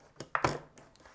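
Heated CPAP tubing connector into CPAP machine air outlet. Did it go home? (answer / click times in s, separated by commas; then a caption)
yes / 0.4 s. The cuff of a heated climate tubing is pushed onto the air outlet of a ResMed AirSense 10 CPAP machine, with a faint tap at 0.2 s and a sharp snap at 0.4 s as it seats. A rattly clatter and a few light ticks follow, and the tubing is firmly snapped into place.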